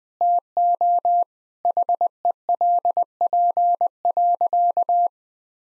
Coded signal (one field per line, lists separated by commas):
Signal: Morse code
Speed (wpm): 20 wpm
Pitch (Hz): 700 Hz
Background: none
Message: TO HELP.